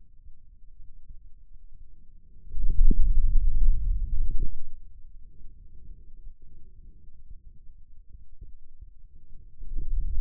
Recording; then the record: forearm muscle sounds (acoustic myography)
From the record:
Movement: hand opening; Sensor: system 2, bracelet of six BSWA MPA416 microphones around the upper forearm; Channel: 2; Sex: male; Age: 22 years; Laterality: right